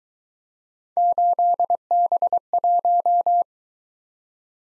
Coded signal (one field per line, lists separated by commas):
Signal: Morse code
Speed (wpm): 22 wpm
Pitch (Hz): 700 Hz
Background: none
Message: 8B1